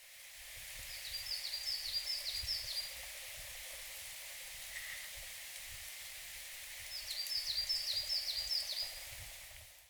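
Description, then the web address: Coal tit song: two bursts of high, thin, quickly repeated two-note phrases, separated by a few seconds, over a steady hiss and low rumble. "bird song higara"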